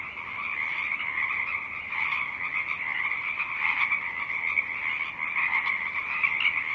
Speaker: song of the Pacific chorus frogs rises and falls above a stiff breeze.